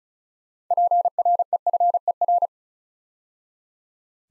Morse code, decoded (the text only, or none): PREFER